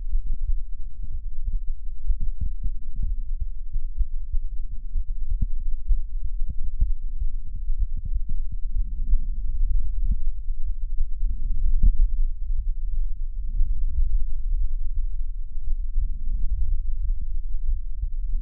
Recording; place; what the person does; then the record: lung sounds by stethoscope; left anterior apical chest; quiet breathing, then deep breathing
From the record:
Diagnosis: interstitial lung disease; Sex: female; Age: 60 years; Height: 154 cm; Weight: 68.1 kg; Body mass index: 28.7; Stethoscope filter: bell mode